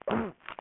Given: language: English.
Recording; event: throat vibration sensor signal played as sound; throat clearing